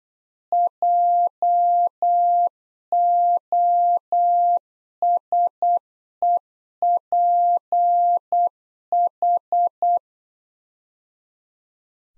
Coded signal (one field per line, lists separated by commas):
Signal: Morse code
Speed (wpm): 8 wpm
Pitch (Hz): 700 Hz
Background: none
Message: JOSEPH